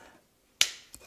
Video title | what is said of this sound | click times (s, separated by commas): How to assemble an Ikea cabinet flat pack beginner’s tutorial | it clips in like that. | 0.6 s